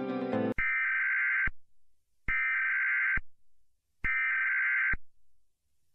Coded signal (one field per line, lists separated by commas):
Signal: Emergency Alert System (SAME) tones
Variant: header bursts